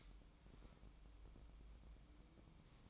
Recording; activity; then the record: daily activity, microphone in the room; light on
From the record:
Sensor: 1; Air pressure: 1007.9 hPa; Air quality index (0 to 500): 124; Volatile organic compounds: 2 ppm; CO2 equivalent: 1047 ppm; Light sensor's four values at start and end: 8/20/8/9 and 13/38/14/16